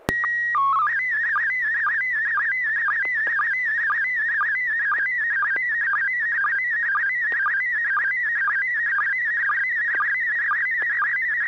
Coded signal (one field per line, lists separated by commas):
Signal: SSTV (slow-scan television)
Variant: PD 120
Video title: N6NA SSTV Net - 06/29/2022